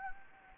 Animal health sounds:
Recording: mosquito wingbeat signal from an infrared sensor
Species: Anopheles gambiae

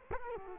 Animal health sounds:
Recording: mosquito wingbeat signal from an infrared sensor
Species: Culex quinquefasciatus

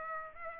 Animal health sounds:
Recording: mosquito wingbeat signal from an infrared sensor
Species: Aedes aegypti

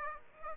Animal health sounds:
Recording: mosquito wingbeat signal from an infrared sensor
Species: Aedes aegypti

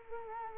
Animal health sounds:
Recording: mosquito wingbeat signal from an infrared sensor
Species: Culex quinquefasciatus

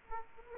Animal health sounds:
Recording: mosquito wingbeat signal from an infrared sensor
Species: Aedes aegypti

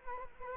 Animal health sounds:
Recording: mosquito wingbeat signal from an infrared sensor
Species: Culex quinquefasciatus

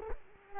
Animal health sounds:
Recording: mosquito wingbeat signal from an infrared sensor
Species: Culex quinquefasciatus

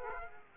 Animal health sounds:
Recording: mosquito wingbeat signal from an infrared sensor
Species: Aedes aegypti

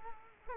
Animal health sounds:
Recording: mosquito wingbeat signal from an infrared sensor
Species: Culex quinquefasciatus

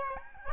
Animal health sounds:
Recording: mosquito wingbeat signal from an infrared sensor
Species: Aedes albopictus

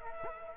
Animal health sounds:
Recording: mosquito wingbeat signal from an infrared sensor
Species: Culex quinquefasciatus

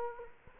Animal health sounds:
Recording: mosquito wingbeat signal from an infrared sensor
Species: Culex quinquefasciatus

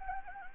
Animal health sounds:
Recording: mosquito wingbeat signal from an infrared sensor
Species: Anopheles gambiae

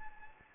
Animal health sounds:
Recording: mosquito wingbeat signal from an infrared sensor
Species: Anopheles gambiae

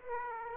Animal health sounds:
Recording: mosquito wingbeat signal from an infrared sensor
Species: Aedes aegypti

